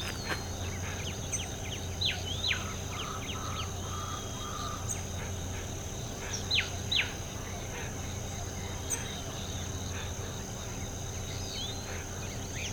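Bird uttering sharp, downslurred chirps in small clusters, with a few faint whistles, over a steady high whine and low hum.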